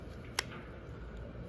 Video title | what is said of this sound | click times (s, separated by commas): 2005-2010 Pontiac G5 Passenger Side Door Lock Switch. Removal / Installation. Do NOT take to Dealer. | you just heard a lock and there you go | 0.4 s